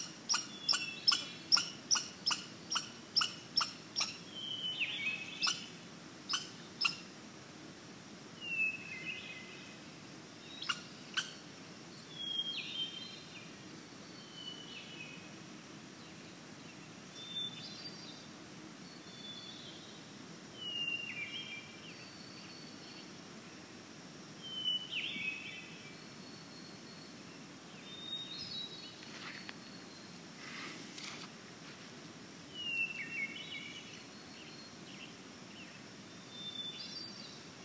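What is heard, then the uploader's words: Hermit thrushes sing in a forest, their clear fluty phrases coming every few seconds throughout, rising and falling high up. For the first seven seconds a western gray squirrel gives a fast, regular run of sharp barking chirps. A steady low hum underlies everything. HERMIT THRUSH DUO, with WESTERN GRAY SQUIRREL. Wallowas, OREGON. Closed canopy oldgrowth Ponderosa Pine & Doug-fir forest.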